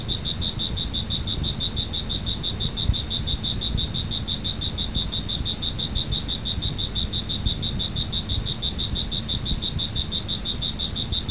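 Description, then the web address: Cricket chirping, rapid high pulses repeating evenly without pause, with a constant low rumble underneath. "特酷声音素材库 动物 昆虫 蟋蟀"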